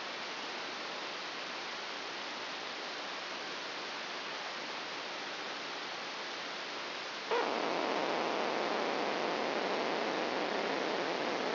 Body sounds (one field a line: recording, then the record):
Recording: brain microelectrode recording played as sound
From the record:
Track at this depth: inside the subthalamic nucleus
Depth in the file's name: 4.002 mm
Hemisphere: left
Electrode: 1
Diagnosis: Parkinson's disease